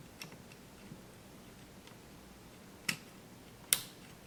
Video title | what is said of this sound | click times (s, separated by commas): Installing the Software Update for the Open DSKY | And it'll click when it goes in, so you push it until it clicks and it will hold in just like that. | 3.7 s